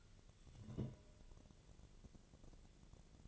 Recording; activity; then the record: daily activity, microphone in the room; take from stove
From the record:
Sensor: 4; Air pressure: 1000.8 hPa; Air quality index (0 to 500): 126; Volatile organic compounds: 1 ppm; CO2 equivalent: 948 ppm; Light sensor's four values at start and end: 41/100/42/46 and 41/100/42/47